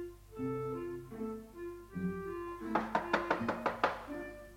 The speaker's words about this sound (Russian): Одну минуточку, там стучат.